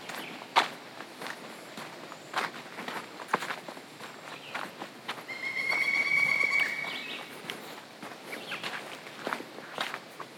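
Boots crunch and scuff over gravel in a steady walking rhythm, each step a short gritty burst recurring about every second. Midway, from roughly five to seven seconds, a bird sings a clear sustained whistling phrase above the footsteps, with faint chirps elsewhere.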